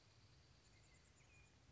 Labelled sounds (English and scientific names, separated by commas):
Chestnut-backed Chickadee (Poecile rufescens)